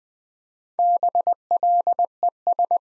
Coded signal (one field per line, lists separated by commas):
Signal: Morse code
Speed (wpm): 20 wpm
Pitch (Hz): 700 Hz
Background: none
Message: BLES